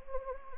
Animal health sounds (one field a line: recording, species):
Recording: mosquito wingbeat signal from an infrared sensor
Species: Anopheles gambiae